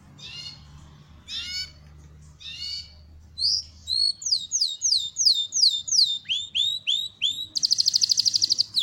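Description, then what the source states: Belgian canary singing rasping notes, then a long run of quick falling whistles ending in a fast, buzzing rolled trill. Copper-coloured Belgian canary.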